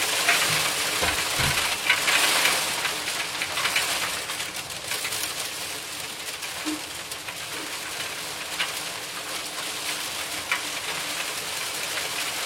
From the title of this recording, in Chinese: 冰雹声